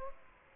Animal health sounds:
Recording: mosquito wingbeat signal from an infrared sensor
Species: Aedes aegypti

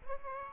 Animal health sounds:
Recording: mosquito wingbeat signal from an infrared sensor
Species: Aedes aegypti

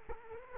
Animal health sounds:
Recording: mosquito wingbeat signal from an infrared sensor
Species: Culex quinquefasciatus

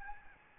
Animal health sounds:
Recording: mosquito wingbeat signal from an infrared sensor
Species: Aedes albopictus

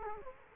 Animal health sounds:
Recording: mosquito wingbeat signal from an infrared sensor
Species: Culex quinquefasciatus

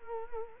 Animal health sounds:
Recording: mosquito wingbeat signal from an infrared sensor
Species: Culex quinquefasciatus

